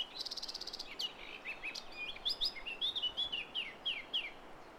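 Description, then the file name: Eurasian blackcap song opening with a rapid buzzy trill, then a sequence of clear sliding whistles and chattering notes delivered briskly over faint hiss. "Sylvia atricapilla"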